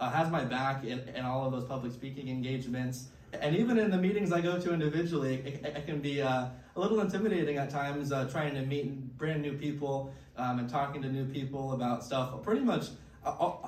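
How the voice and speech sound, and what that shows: Adult man who has stuttered since he began speaking at age 2 to 3, and who had speech therapy from elementary school through college, speaking mostly fluently, with occasional prolonged sounds and brief hesitations typical of mild stuttering.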